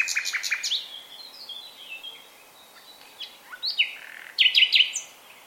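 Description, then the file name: Common nightingale opens with fast repeated notes, slides into softer whistles, then ends on a loud series of sharp, bubbling repeated notes. "Luscinia megarhynchos"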